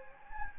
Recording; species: mosquito wingbeat signal from an infrared sensor; Anopheles gambiae